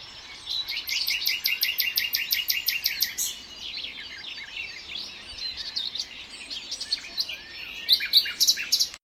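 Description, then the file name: Common nightingale singing: a fast series of repeated sharp notes, then varied phrases, ending in another burst of high notes. "Luscinia megarhynchos"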